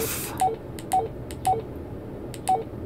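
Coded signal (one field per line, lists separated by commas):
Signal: none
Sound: radio's key press beeps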